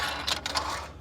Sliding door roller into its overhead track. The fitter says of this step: see it locks in there there's no chance for that come out